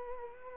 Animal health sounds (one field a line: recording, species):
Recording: mosquito wingbeat signal from an infrared sensor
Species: Culex pipiens